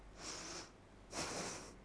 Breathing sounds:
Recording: one breath in and out by a microphone near the nose and mouth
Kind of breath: deep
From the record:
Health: marked as sick, illness not named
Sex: female

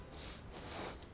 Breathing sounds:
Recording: one breath in and out by a microphone near the nose and mouth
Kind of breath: strong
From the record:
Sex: male

